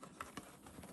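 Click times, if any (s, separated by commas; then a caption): none. A sealed filter housing part with a membrane is pushed back into the body of a pastel blue Sebo E3 Premium cylinder vacuum, a part that only fits in one way. Two short, sharp handling knocks sound at about 0.2 s and 0.4 s over a low background rustle. Nothing has seated or clicked home yet.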